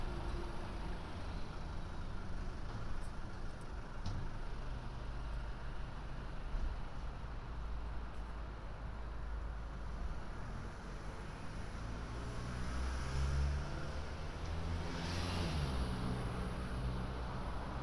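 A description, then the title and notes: A walk through London streets, recorded binaurally, with a steady, dense rumble of traffic throughout. Engines hum low and constant, with a vehicle passing around fifteen seconds and a few brief clicks and knocks scattered through the first half. A binaural field recording of walking around London.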